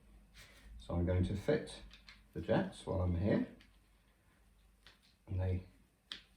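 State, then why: Seated. Plastic spray jets are fitted onto the brush head of a Gardiner water-fed pole while someone talks. A single sharp snap is heard at 6.1 s as the jets click into place on the brush head and are seated.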